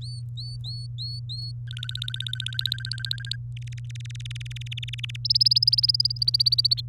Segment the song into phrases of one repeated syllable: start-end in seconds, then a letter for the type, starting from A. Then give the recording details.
0.01-1.51 A, 1.68-3.36 B, 3.56-5.16 C, 5.25-6.81 D. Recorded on 24 April 2018 at 06:05. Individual llb3